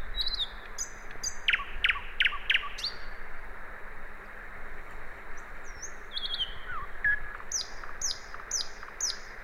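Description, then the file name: Common nightingale singing loud repeated chattering notes, then quieter whistles and descending slurs, ending with a row of high repeated notes over low hum. "Luscinia megarhynchos"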